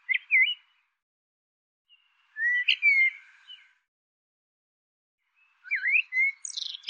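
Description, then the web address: Bird producing brief whistled phrases, each with a quick up-down slur, spaced a few seconds apart in otherwise quiet surroundings. "cianscape birddata Deverinetal 2025 File cleaned normalized Bird Tu Me Tu Me"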